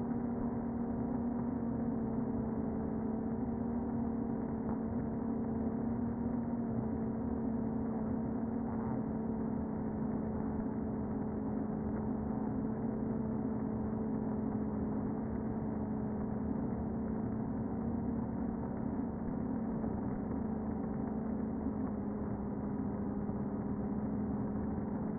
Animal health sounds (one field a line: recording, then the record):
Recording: honeybee colony, microphone inside the hive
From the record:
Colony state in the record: queen present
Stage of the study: before two queens were removed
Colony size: about 60,000 bees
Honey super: yes